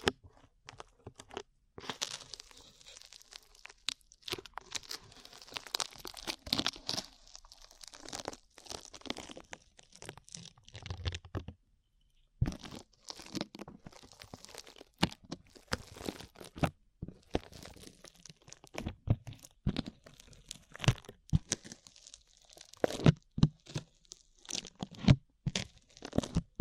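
Sticky slime is squished and pulled, making a dense run of wet crackles, pops and tearing snaps. The sounds come in irregular bursts for the whole half minute, bright and crisp, with a brief quiet break around the twelve-second mark.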